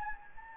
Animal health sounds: mosquito wingbeat signal from an infrared sensor; Anopheles gambiae

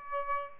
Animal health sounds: mosquito wingbeat signal from an infrared sensor; Aedes albopictus

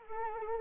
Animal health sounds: mosquito wingbeat signal from an infrared sensor; Anopheles arabiensis

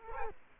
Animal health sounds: mosquito wingbeat signal from an infrared sensor; Culex quinquefasciatus

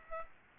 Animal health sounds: mosquito wingbeat signal from an infrared sensor; Aedes aegypti

